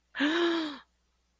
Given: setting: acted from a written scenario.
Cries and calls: vocal sound without words; fear

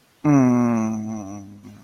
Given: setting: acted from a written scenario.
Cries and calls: vocal sound without words; serenity

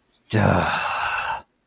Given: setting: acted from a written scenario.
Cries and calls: vocal sound without words; guilt

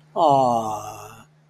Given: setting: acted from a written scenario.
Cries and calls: vocal sound without words; adoration

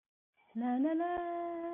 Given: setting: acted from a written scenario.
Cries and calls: vocal sound without words; serenity

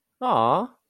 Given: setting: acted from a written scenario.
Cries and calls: vocal sound without words; adoration

